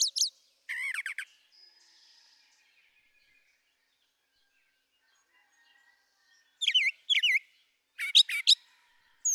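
Brown thrasher song: a couple of buzzy warbled phrases, then a long quiet gap, then several paired slurred whistles near the end.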